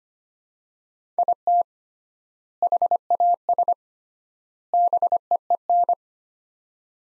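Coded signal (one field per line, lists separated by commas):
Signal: Morse code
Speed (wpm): 25 wpm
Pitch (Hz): 700 Hz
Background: none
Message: IT HAS BEEN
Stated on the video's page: Morse practice of three-word sets at 25 wpm with 3x word spacing, a Farnsworth-like method for head-copy training.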